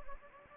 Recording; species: mosquito wingbeat signal from an infrared sensor; Anopheles gambiae